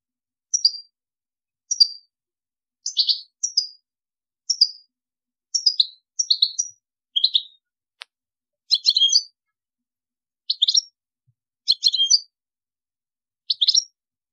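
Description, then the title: European goldfinch song, short bright tinkling phrases of high twittered notes, given every second or so with brief gaps, a single click midway. "Chant Chardonneret"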